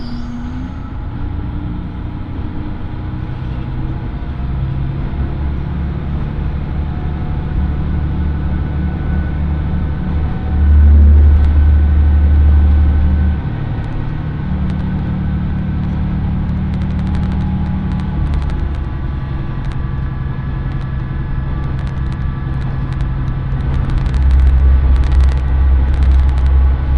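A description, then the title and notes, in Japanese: Inside the first Oito Line train leaving Itoigawa for Minami-Otari, a low engine drone holds steady throughout, with tonal hums that shift pitch as the train works. Around eleven seconds the rumble swells louder, and light clicks and rattles scatter through the later half. 耳で楽しむ鉄道旅 大糸線 糸魚川→平岩。糸魚川を出る大糸線の始発列車で南小谷へと向かいます。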